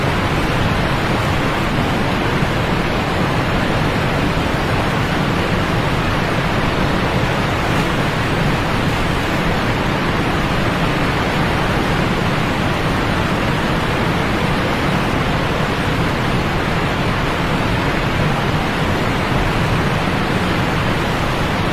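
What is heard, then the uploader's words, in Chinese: A mountain stream waterfall pours in a steady, dense rush that never lets up across the whole stretch. The roar fills everything from a deep low rumble up through a bright hiss, sounding unchanging, with no other sounds standing out. 大自然的声音-山涧瀑布。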